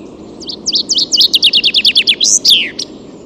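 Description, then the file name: Common chaffinch song: a fast series of repeated high notes, then a falling flourish and a final short note, over low background noise. "Fringilla coelebs"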